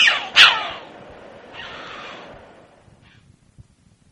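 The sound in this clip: Red-billed chough giving a harsh grating call with a sharp loud burst, followed by a softer, longer rasp, then near silence.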